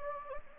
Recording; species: mosquito wingbeat signal from an infrared sensor; Anopheles gambiae